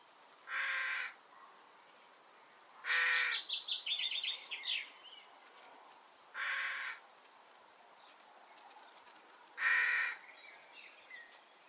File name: Corvus corone